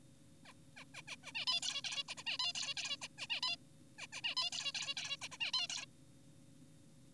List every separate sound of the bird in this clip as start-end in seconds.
0.46-0.53, 0.77-0.84, 0.94-1.02, 1.08-1.16, 1.24-1.32, 1.35-1.46, 1.47-1.61, 1.62-1.82, 1.84-2.04, 2.08-2.15, 2.18-2.23, 2.26-2.38, 2.40-2.53, 2.55-2.74, 2.77-2.97, 3.02-3.08, 3.18-3.27, 3.30-3.40, 3.43-3.56, 3.98-4.07, 4.13-4.21, 4.24-4.35, 4.37-4.50, 4.52-4.72, 4.75-4.94, 4.97-5.17, 5.22-5.28, 5.32-5.38, 5.40-5.52, 5.54-5.67, 5.70-5.86